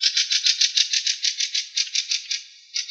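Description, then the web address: Fieldfare chattering call, a rapid dry rattling series of harsh notes for over two seconds, with a short break near the end. "Turdus pilaris"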